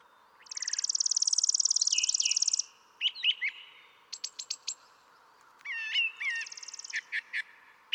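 Brown thrasher song opening with a two-second high buzzy trill, then sharp repeated chips, another buzzy trill and more chips.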